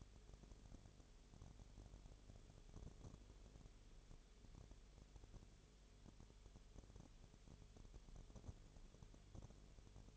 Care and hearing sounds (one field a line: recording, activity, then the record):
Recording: daily activity, microphone in the room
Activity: no activity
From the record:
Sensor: 4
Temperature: 22.0 degrees Celsius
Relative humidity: 29.4%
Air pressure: 1002.1 hPa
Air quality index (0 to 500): 60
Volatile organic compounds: 1 ppm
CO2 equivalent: 610 ppm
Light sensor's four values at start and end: 2/3/1/1 and 2/3/1/1